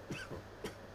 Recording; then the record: coughing mixed with background sound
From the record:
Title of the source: Dry Afternoon Cough